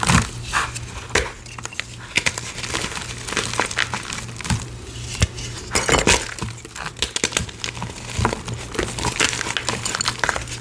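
Gym chalk being crushed, a steady run of dry crumbling and crinkling crackles with frequent sharp bright clicks. The grinding stays dense throughout, with louder bursts near the start and around six seconds, over a faint low steady hum.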